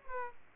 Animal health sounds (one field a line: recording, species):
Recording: mosquito wingbeat signal from an infrared sensor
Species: Aedes aegypti